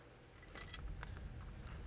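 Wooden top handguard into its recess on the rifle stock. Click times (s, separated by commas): 0.6 s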